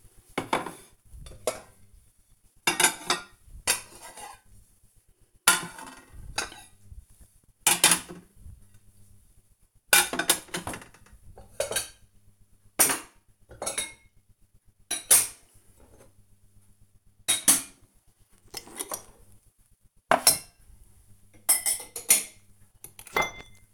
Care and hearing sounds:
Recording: household activities, microphone on the right wrist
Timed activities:
0.00-23.74 s: putting away the dishes

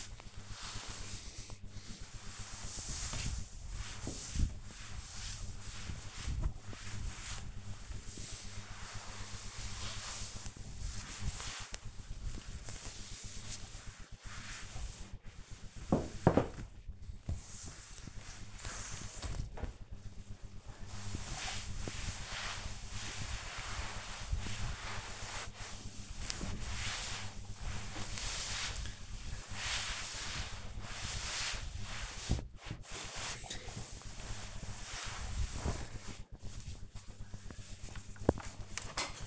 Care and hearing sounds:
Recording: household activities, microphone on the right wrist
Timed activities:
0.00-35.99 s: cleaning table

